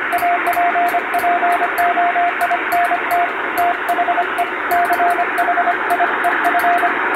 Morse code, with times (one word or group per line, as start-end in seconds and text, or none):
0.1-3.3 APPOINT
3.6-4.4 THE
4.7-6.9 CHIEF